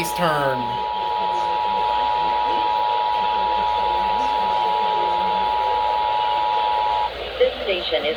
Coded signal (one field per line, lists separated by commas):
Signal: Emergency Alert System (SAME) tones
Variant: 853 and 960 Hz attention tone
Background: speech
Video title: ILLINOIS TEST PARTY - EAS Tests from 07/05/2022 (EAS #573-581)